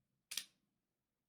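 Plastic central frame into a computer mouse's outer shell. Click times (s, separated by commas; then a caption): 0.3 s, 0.4 s. During reassembly of a VAXEE NP-01s Wireless gaming mouse, the plastic central frame is angled in with its standoffs lined up, and the bottom is pushed until it clicks into the outer shell. A sharp, bright plastic click sounds at 0.3 s, followed by a second snap at 0.4 s that fades quickly. The frame is seated in place.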